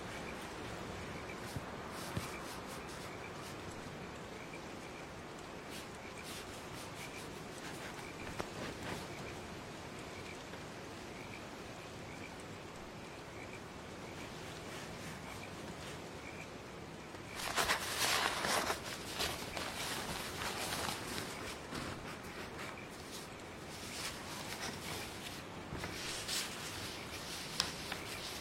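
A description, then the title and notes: Steady rain hisses with a faint repeating insect chirp, swelling into a heavier, brighter downpour around eighteen seconds, then settling again. The calm sound of rain The sound of grass insects and frogs.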